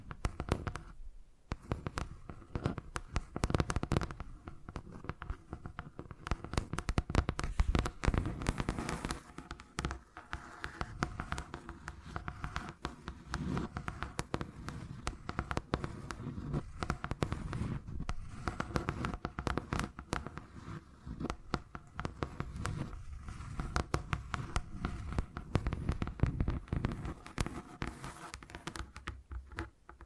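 Tapping goes on for the full half minute, quick, dense and irregular, each tap mixing a dull low knock with a bright click. A short lull comes right at the start, and the tapping is busiest and loudest around the seven to nine second mark.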